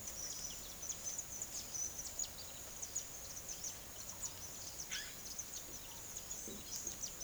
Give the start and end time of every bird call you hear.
[0.00, 7.24] bird call

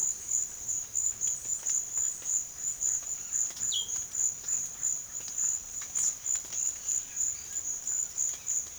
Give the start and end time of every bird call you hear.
[3.69, 3.96] bird call

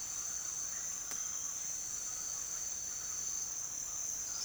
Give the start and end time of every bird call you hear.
[2.65, 4.44] bird call

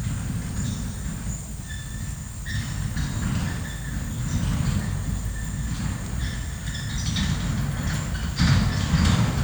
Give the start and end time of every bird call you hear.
[1.48, 7.09] bird call

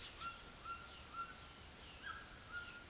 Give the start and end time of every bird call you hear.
[0.00, 2.89] bird call

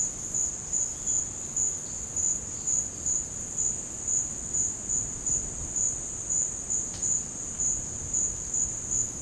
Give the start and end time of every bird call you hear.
[0.82, 3.21] bird call

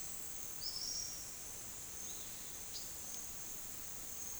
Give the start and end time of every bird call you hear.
[0.55, 1.31] bird call

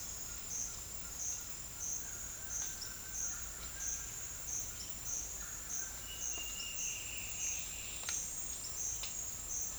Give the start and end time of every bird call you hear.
[1.74, 4.21] bird call
[5.34, 7.97] bird call

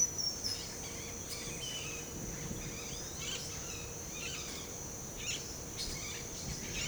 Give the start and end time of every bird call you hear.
[0.00, 2.10] bird call
[2.68, 4.64] bird call
[5.18, 5.47] bird call
[5.81, 6.87] bird call

